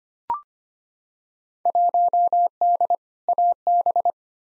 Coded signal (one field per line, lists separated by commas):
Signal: Morse code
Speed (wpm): 25 wpm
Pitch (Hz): 700 Hz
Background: none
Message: 1D AB